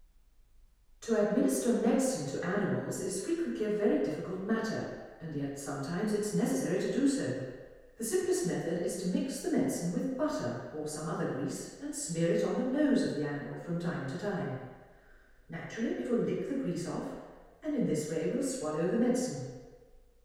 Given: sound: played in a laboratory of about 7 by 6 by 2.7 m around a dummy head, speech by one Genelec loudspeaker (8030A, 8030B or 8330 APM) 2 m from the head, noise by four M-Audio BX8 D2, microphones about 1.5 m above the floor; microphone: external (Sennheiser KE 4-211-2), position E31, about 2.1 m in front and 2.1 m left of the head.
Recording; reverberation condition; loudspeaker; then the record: female speech in English; high; behind (180 degrees)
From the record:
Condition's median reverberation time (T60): about 1300 ms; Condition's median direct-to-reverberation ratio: about -4.0 dB